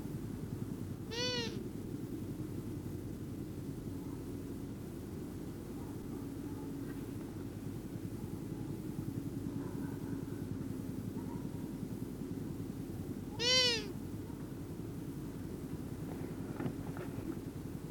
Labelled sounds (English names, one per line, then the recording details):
Long-eared Owl call
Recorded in the wild
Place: Bergen, Insel Rügen, Mecklenburg-Vorpommern, DE
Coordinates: 54.421, 13.447
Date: 1976-04-17
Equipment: Nagra III BH, Sennheiser MD 21, parabola
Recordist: Schubert, Michael